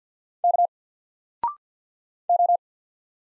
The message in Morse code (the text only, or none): K O